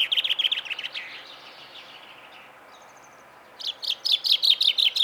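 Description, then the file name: Common chaffinch song phrase of rapid, slightly descending chipping notes, followed after a brief quiet spell by the start of another phrase. "Fringilla coelebs"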